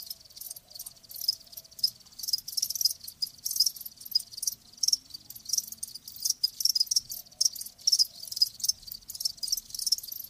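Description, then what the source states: Crickets sing in a busy high-pitched chorus of uneven pulsing bursts. Live crickets chirping; presented as lulling sleep sounds.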